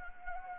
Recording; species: mosquito wingbeat signal from an infrared sensor; Anopheles gambiae